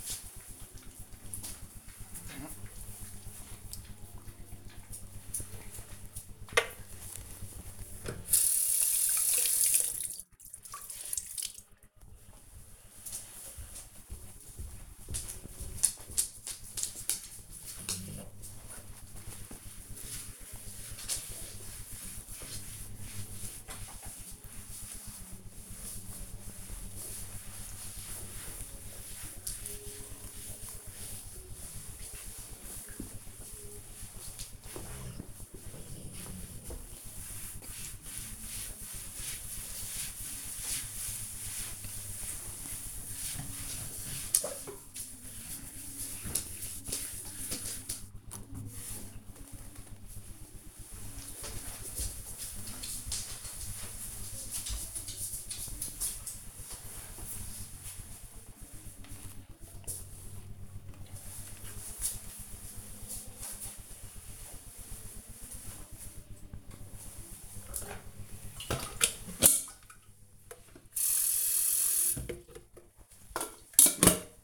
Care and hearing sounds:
household activities, microphone on the right wrist
6.46-49.66 s: cleaning table
66.73-74.43 s: making tea

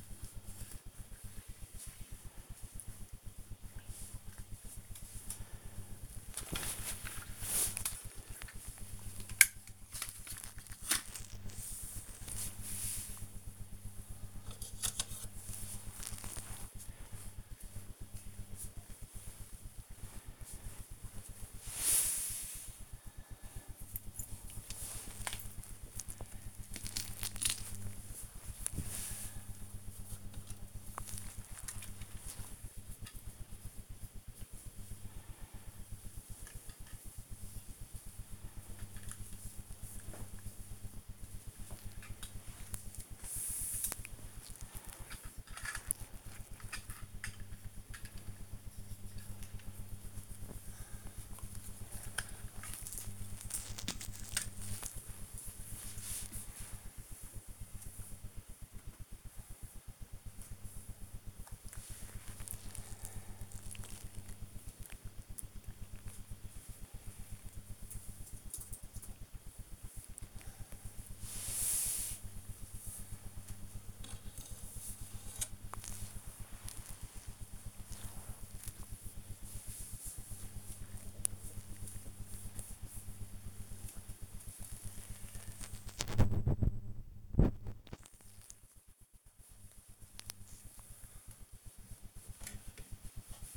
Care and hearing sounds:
household activities, microphone on the right wrist
0.00-58.15 s: dusting model cars
69.24-93.57 s: dusting model cars

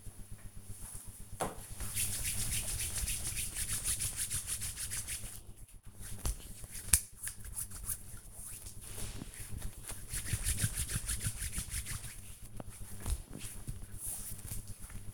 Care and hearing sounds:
household activities, microphone on the right wrist
0.00-15.14 s: cream hands

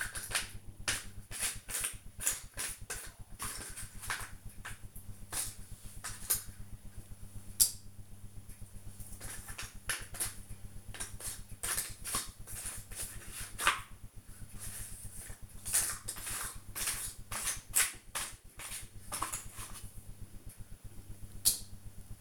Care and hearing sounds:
household activities, microphone on the right wrist
0.00-22.21 s: doing a puzzle

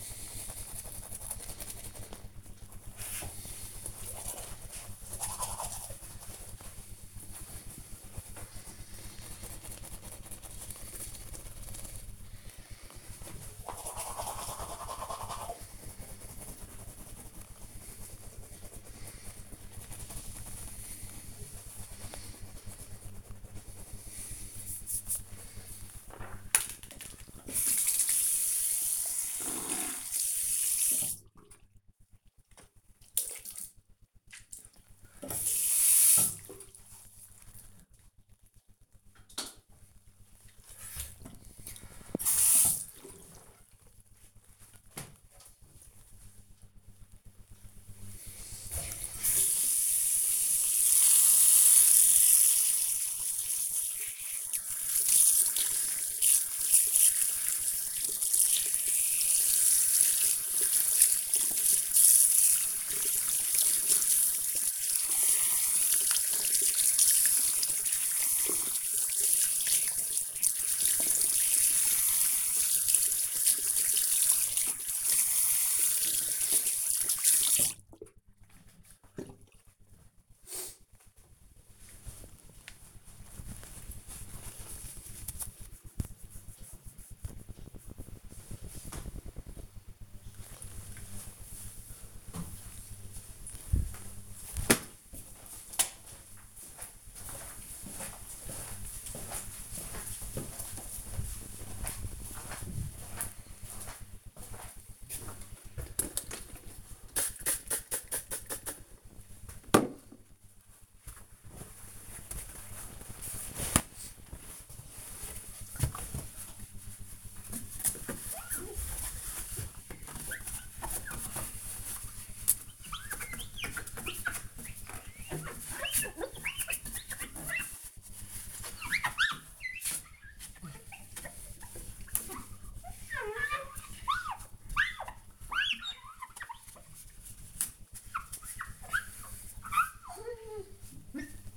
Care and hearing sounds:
household activities, microphone on the right wrist
0.00-36.90 s: brushing teeth
49.00-78.23 s: washing hands
104.45-141.57 s: window cleaning

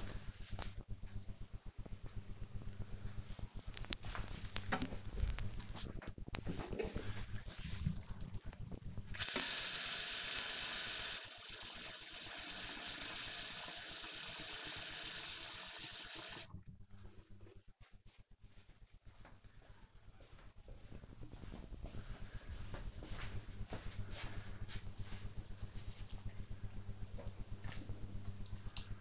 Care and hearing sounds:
household activities, microphone on the right wrist
4.50-29.01 s: watering plant

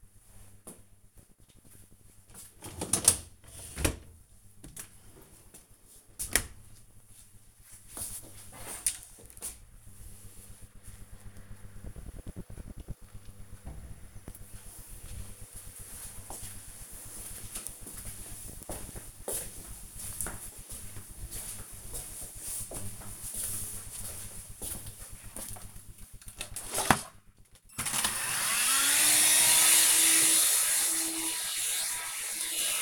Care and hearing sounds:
household activities, microphone on the right wrist
0.00-5.37 s: cleaning out the dishwasher
26.50-32.82 s: vacuum cleaning

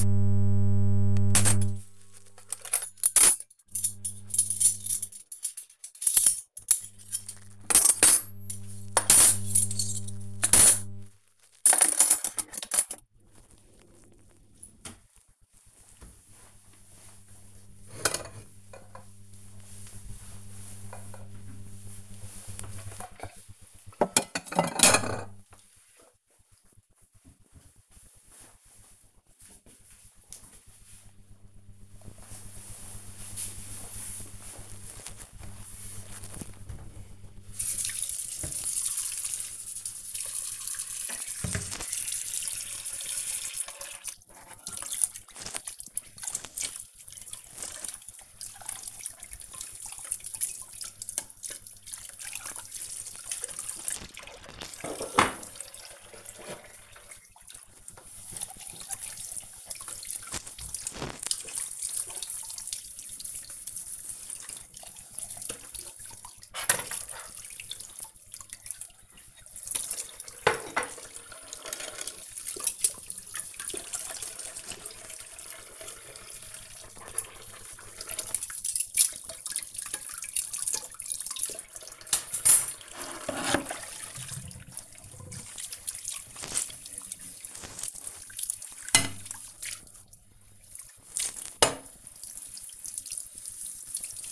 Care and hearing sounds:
household activities, microphone on the right wrist
0.00-27.35 s: putting away the dishes
34.39-94.32 s: washing dishes

